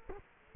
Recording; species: mosquito wingbeat signal from an infrared sensor; Culex quinquefasciatus